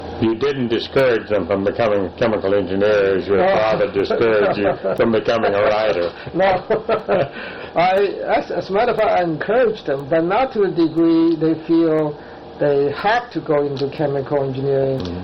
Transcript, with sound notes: You didn't discourage them from becoming chemical engineers as your father discouraged you from becoming a writer? No. [laughter] As a matter of fact, I encouraged them, but not to the degree they felt they had to go into chemical engineering.